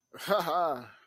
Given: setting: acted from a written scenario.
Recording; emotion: vocal sound without words; pride